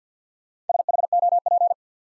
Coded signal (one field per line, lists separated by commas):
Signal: Morse code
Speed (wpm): 50 wpm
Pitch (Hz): 700 Hz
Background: none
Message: SHOP